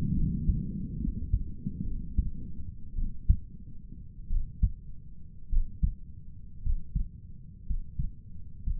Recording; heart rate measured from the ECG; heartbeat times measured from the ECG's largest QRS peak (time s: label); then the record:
heart sounds by stethoscope; 57 bpm
0.16 s: heartbeat
1.01 s: heartbeat
1.86 s: heartbeat
2.96 s: heartbeat
4.30 s: heartbeat
5.51 s: heartbeat
6.63 s: heartbeat
7.67 s: heartbeat
8.64 s: heartbeat
From the record:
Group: healthy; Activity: breath hold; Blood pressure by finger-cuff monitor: 104/64 mmHg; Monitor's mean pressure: 75 mmHg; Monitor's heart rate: 55 bpm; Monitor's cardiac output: 5.1 L/min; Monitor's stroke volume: 84 mL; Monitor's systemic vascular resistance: 880 dyn s/cm5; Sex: male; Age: 22 years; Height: 181 cm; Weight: 79 kg